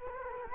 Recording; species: mosquito wingbeat signal from an infrared sensor; Culex quinquefasciatus